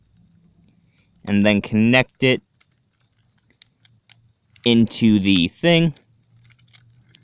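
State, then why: Seated. Someone talks while working on the second side of a plastic Transformers Optimus Prime Voyager Class transforming robot figure, pulling the heel piece out and connecting its tab into the leg slot, with small plastic ticks of handling in the pauses. A small click at 6.8 s marks the heel tab locking into place, seated.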